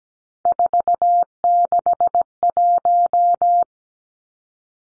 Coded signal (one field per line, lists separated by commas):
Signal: Morse code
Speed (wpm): 17 wpm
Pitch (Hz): 700 Hz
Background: none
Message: 461